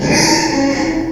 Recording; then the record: squeal of a Yucatan mini pig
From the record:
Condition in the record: before surgery on the right vocal fold (resection and tissue-engineered implant); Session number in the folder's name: 1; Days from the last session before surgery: -3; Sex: male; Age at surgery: 12 weeks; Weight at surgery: 13 kg